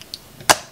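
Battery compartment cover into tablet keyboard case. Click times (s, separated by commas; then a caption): 0.5 s. A plastic battery compartment cover is slid back onto a Logitech tablet keyboard case for iPad after coin batteries are fitted, and pressed home. Faint small ticks at about 0.1 and 0.4 s lead to one loud, sharp click at 0.5 s that quickly fades. The cover clips home and the keyboard light comes on.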